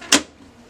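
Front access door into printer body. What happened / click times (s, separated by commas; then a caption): The plastic access door latched shut / 0.1 s. After the drum reset on a Brother HL-5240 laser printer with a DR520 drum, the plastic front access door is closed into the printer body. A loud, sharp latch hit lands at 0.1 s, followed by quiet room tone and a faint tick near the end. The door latches shut and is seated.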